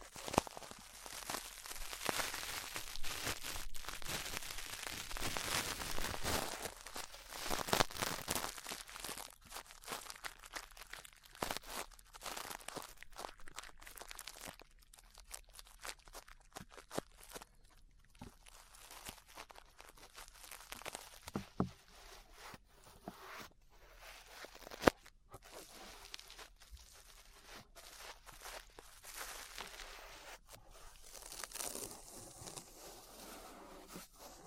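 Brushing right over the ear makes dense, crackly rustling strokes, fuller and busier in the first eight seconds, then thinning into sparser scratches and soft crinkles. A few sharper taps stand out, one at about 25 seconds, and a brighter flurry returns near 31 seconds.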